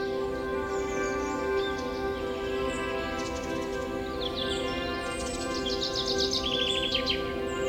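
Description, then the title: Birds chirping: scattered high notes, then a burst of fast repeated twitters in the second half, set against a continuous low hum. Forest birdsong ambience with birds chirping. "Forest Birdsong Nature Sounds Bird Sounds Birds Chirping Ambience"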